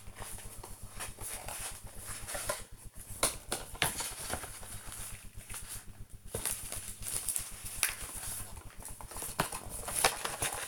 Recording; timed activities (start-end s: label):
household activities, microphone on the right wrist
0.00-10.67 s: sorting documents